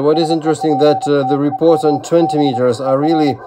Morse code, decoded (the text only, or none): SEPTEMBER